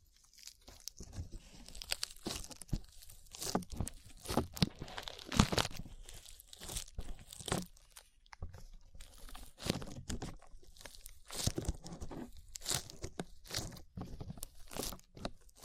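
Slime being squished and pulled gives a steady run of sticky, crackly pops and crunches. The sharp, bright bursts come several times a second, crowding together around four to six seconds and near twelve seconds, with brief quieter gaps between clusters.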